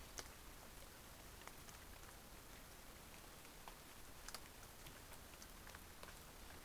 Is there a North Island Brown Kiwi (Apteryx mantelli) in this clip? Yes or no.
no